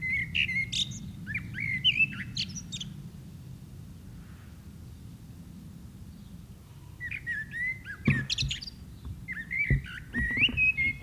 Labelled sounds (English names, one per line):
Common Blackbird song